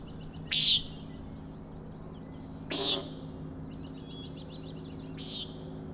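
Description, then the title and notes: Common nighthawk giving two clear buzzy peents and a fainter third, with pulsed rattling trains in between. Three birds flying in a close follow-the-leader formation near the recordist, peenting and a rattling noise; Schoodic Head overlook, Acadia National Park, Winter Harbor, Maine; 061617, 4am. "Common Nighthawks, Schoodic Head 061617 4am. 3 common nighthawks making peenting calls and wings booms but also a rattling noise at the Overlook (410 ft) on Schoodic Head (435 feet) Schoodic division Acadia National Park Winter Harbor, ME"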